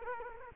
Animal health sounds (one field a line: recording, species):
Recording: mosquito wingbeat signal from an infrared sensor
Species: Culex quinquefasciatus